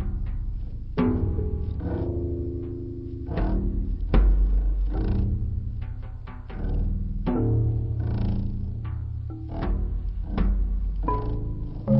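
Camels groaning and grumbling in deep, gurgling bellows, with several abrupt throaty bursts.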